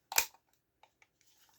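A thumb piece is pressed onto its mount in the hand of a collectible gauntlet model, giving a loud, brief rustling scrape around 0.1–0.3 s followed by faint small ticks near 0.8, 1.0 and 1.2 s. The thumb piece has not clicked home, so it is not properly seated yet.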